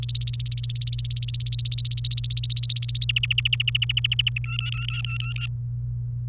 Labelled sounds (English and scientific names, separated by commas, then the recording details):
Domestic Canary (Serinus canaria) song
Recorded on 28 April 2018 at 12:46
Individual llb3